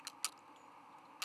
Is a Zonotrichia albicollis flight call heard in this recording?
no